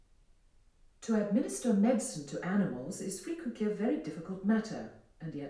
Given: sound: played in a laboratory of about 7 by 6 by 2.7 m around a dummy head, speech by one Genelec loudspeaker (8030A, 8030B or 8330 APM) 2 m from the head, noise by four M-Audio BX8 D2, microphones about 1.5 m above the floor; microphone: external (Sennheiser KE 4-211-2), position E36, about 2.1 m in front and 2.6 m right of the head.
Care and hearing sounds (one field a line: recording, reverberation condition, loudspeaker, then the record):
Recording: female speech in English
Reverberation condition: medium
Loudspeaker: 150 degrees to the left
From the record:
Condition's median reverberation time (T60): about 510 ms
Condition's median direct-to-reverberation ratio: about -0.5 dB